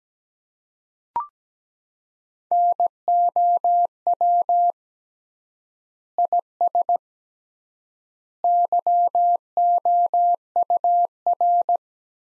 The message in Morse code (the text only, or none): NOW IS YOUR